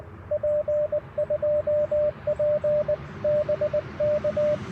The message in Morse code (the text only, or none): P2P BK